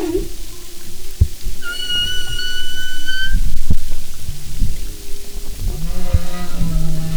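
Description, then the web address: Humpback whale song: a low short note, then a high level whistled tone with overtones, and low hums and knocks later. "Marine Mammals humpback"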